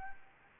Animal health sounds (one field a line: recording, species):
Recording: mosquito wingbeat signal from an infrared sensor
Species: Anopheles arabiensis